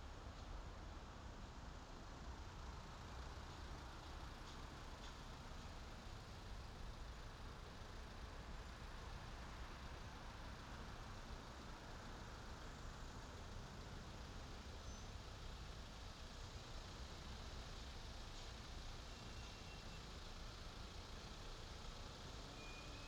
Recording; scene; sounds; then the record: everyday scene through a hearing-aid microphone; in traffic; traffic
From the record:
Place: main city hub, rush hour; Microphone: in the ear canal, left